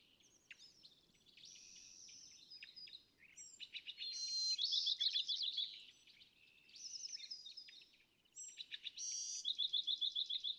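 California thrasher song in bursts of varied phrases, mixing harsh rasps with quick rhythmic repeated notes, separated by brief pauses.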